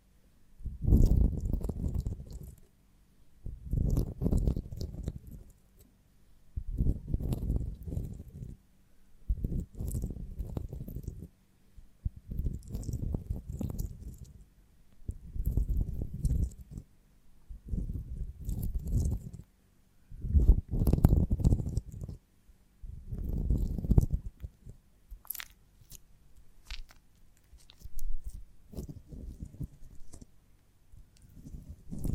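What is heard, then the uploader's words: Honeycomb on a branch being bitten and chewed in slow regular bursts every few seconds, thick low crunching with wet sticky snaps between. ASMR of a Honeycomb on Branch (No Talking).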